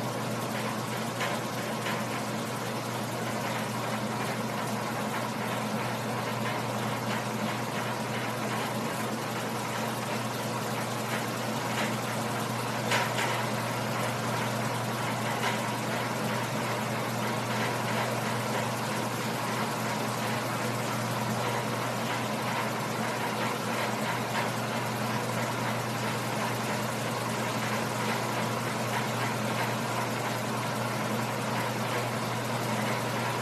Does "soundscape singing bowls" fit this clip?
no